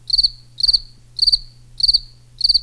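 Cricket chirping: short trills of three or four pulses, repeated about every 0.6 seconds with a steady rhythm, over a low background hum.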